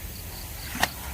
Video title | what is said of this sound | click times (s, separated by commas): rambutan മരങ്ങൾ വിളവെടുപ്പ് തീരുന്നതിന് മുൻപ് തളിർ ഇട്ടാൽ പ്രൂണിങ് ആവശ്യം ഉണ്ടോ @kl40moneyfarming | അകത്താം എന്നിട്ട് ഒന്ന് തിരിച്ചു കൊടുത്തു കഴിഞ്ഞാൽ ലോക്ക് ആയി | 0.8 s